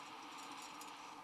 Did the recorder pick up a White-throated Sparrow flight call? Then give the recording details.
no. No flight call is heard. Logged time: 11:14 on 19 December 2014